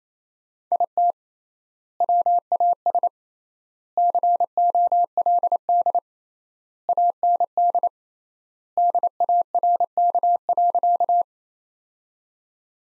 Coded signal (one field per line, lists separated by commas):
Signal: Morse code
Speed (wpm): 28 wpm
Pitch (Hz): 700 Hz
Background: none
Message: IT WAS COLD AND DARK.